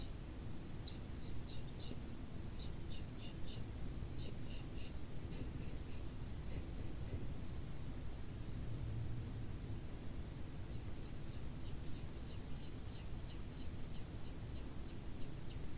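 Soft brushing sweeps pass, with a dense, steady low rustle running underneath throughout. Bright, quick bristly flicks come in rhythmic bursts, clustered in the first seven seconds and again from about eleven seconds on, with a quieter stretch between.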